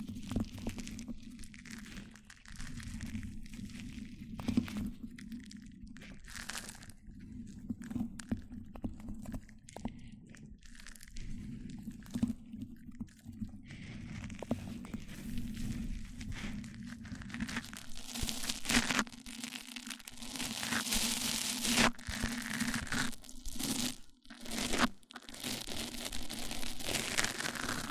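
Mic-on-mic triggers: scratchy rubbing and tapping of one microphone against another, with a steady low hum underneath throughout. Crunchy, crackling contact sounds come in dense bursts, growing brighter and busier after about fifteen seconds, with a brief sharp dropout near twenty-four seconds.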